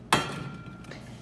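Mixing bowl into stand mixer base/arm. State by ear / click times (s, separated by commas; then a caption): seated / 0.1 s. A stand mixer's mixing bowl is set onto the mixer base and arm, giving one sharp knock at 0.1 s followed by a faint ringing tail. The bowl locks into place, and a softer knock follows at 0.9 s.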